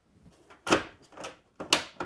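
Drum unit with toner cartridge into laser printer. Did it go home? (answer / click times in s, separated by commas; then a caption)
yes / 1.7 s. An aftermarket Brother drum unit, loaded with a toner cartridge, is pushed into the front bay of a laser printer, with broadband scraping and sliding bursts around 0.7 s and 1.2 s. A sharp, loud snap at 1.7 s marks the unit seating in place, followed by a quieter knock at 2.0 s.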